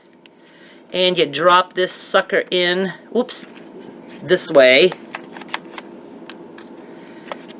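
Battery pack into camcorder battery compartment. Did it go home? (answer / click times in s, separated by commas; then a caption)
yes / 7.3 s. A plastic battery pack goes into the battery compartment of a Canon Vixia R800 camcorder: after the battery latch is pulled back, the pack is dropped in the wrong way round, then turned over and pushed home. Someone talks, then a series of small handling taps and clicks follows. The battery snaps into its slot and seats at 7.3 s.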